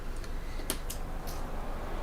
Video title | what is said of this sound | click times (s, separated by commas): FREE SEWING PATTERN Making The Adventure Bag/ The Big Brother Convertible Bag- PART 2 Live ended | the um the cap part and they should click into place that doesn't mean it's set | 0.7 s